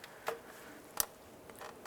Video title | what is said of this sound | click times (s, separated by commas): How to Replace Water Pump 2011-2019 Ford Fiesta | you'll have audible click once it locks in | 1.0 s